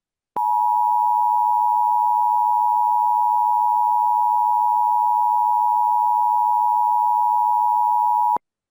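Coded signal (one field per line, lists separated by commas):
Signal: Emergency Alert System (SAME) tones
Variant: 853 and 960 Hz attention tone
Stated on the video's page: Fictional remastered EAS scenario using a weather radio template.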